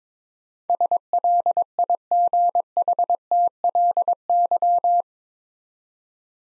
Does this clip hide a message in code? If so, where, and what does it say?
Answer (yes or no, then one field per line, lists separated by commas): yes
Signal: Morse code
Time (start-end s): 0.7-5.0 s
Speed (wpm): 22 wpm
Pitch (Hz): 700 Hz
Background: none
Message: SLIGHTLY